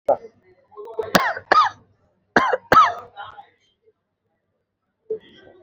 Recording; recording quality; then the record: shallow voluntary cough; excellent, no background noise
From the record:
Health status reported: exposed to COVID-19, no respiratory illness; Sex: male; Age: 51 years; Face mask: not worn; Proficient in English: yes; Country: India